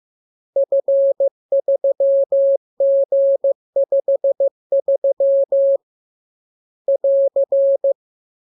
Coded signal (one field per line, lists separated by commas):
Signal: Morse code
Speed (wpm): 15 wpm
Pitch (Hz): 550 Hz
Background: none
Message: F3G53 <AR>